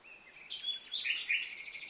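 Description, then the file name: Common nightingale song fragment: a soft whistle, varied notes, then a fast rhythmic series of high repeated notes. "Luscinia megarhynchos"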